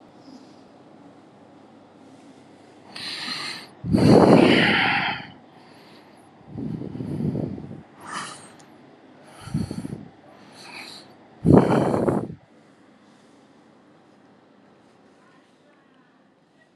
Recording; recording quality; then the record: shallow breathing; excellent, no background noise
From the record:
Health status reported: healthy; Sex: male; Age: 42 years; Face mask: not worn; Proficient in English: yes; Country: India